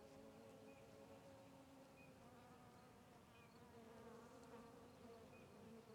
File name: Ambiencia na Trilha do Sertao Zen com Moscas Circudando Arvore